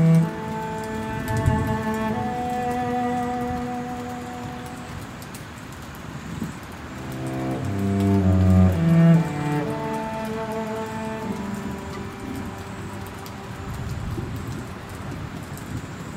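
Piano music plays over a steady hiss of rain. Sustained chords and slow melodic notes shift every couple of seconds, with a fuller, louder passage of low notes around eight to ten seconds before settling back to softer playing.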